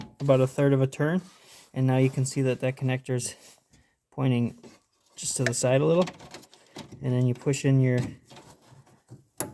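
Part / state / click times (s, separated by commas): wiring connector onto high beam bulb in car headlight housing / seated / 9.4 s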